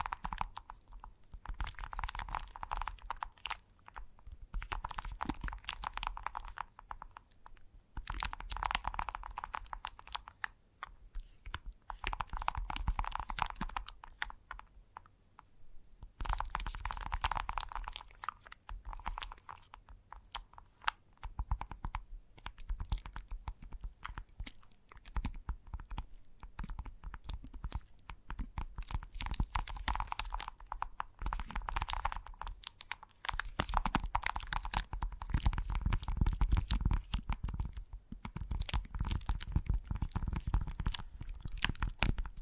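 Gentle tapping in dense, crackly flurries of small clicks that run almost without pause, with a brief lull around fifteen seconds. A faint steady tone hums underneath, and a low rumble thickens toward the end.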